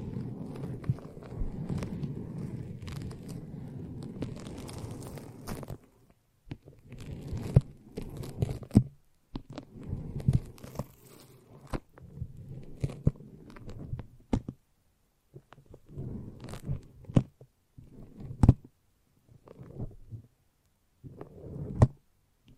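A brain massage with foamy, sticky sounds: dense, squishy crackling and soft tearing fill the first six seconds, then come in short irregular bursts separated by near-silent pauses. Sharp clicks and crunchy snaps punctuate the bursts, around eight, seventeen and twenty-two seconds.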